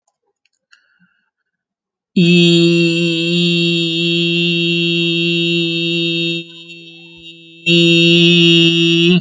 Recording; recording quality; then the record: sustained vowel as in beet; excellent, no background noise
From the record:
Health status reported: healthy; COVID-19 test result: not tested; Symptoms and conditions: asthma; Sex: male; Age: 34 years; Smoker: not ticked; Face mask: not worn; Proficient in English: yes